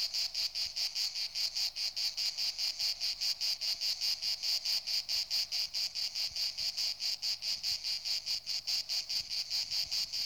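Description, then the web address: Insect chirping, a high-pitched pulsed sound repeated steadily and rapidly throughout, with no other clear sounds. "animali insetti insect"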